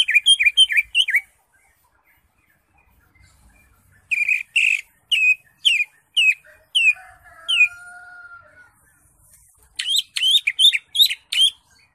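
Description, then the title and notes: Greater Green Leafbird song: quick series of slurred, swooping whistles in repeated phrases, with a brief steady tone in the middle and quiet gaps between phrases. Used as a training recording (masteran) for cage birds. "Suara Burung Cucak Ijo. mantap buat masteran burung cak ijo"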